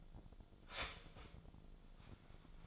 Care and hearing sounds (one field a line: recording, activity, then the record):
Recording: daily activity, microphone in the room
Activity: start toaster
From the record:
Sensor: 5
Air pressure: 1009.3 hPa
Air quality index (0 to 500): 170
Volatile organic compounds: 4 ppm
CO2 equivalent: 1642 ppm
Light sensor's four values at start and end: 89/236/96/101 and 89/236/96/101